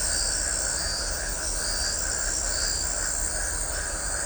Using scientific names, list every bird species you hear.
none